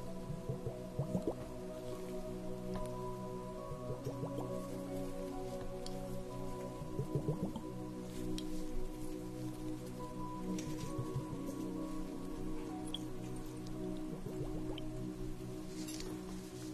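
A facial treatment with steam, cream and massage: a steady hum with several held tones runs underneath throughout. Over it come soft wet dabs, squishes and light taps at irregular moments, clustering around the first second, near seven seconds and toward the end.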